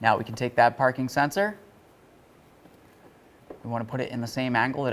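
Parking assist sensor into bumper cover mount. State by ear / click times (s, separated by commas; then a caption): not seated / none. Someone talks while a new parking assist sensor for a 2006-12 Ford Fusion is picked up and angled to match its mounting hole in the plastic bumper cover, ready to be pushed in to latch. A quiet pause follows, with a brief faint handling sound at 3.5 s before the talking resumes. The sensor has not seated or clicked into the bumper cover yet.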